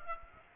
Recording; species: mosquito wingbeat signal from an infrared sensor; Aedes aegypti